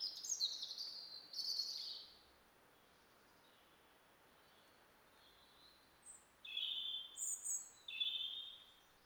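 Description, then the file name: European robin giving high, thin, trilling phrases in short bursts separated by a quiet gap of several seconds, with faint background hiss. "Erithacus rubecula"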